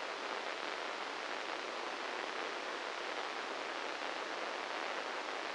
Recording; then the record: brain microelectrode recording played as sound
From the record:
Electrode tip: inside the subthalamic nucleus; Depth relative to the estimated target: -1 mm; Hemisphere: right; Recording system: NeuroSet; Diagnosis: Parkinson's disease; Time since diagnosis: 8 years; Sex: male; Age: 58 years